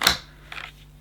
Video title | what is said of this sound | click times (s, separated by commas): Dyson Ball DC49 Multi floor Ultra Compact Vacuum Cleaner | nice click there | 0.1 s